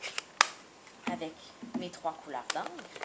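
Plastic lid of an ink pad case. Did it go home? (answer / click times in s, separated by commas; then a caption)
released / 0.4 s. Someone pushes and tilts the plastic lid of an ink pad case until it clicks into the open position, with a sharp click at 0.4 s. The same is then done with the next colour while someone talks, and the case is clicked open.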